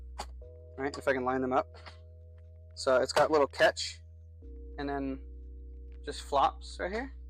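A toolless side or front panel is handled next to a PC case: it is lined up on its bottom nubbins, caught on its small catch, and let flop inward, with no screws used. Someone talks throughout over steady tonal hums, with a couple of faint knocks near the start. The panel has not yet been pushed home, and nothing has seated or clicked into place by the end.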